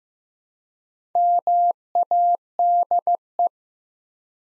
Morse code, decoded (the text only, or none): MADE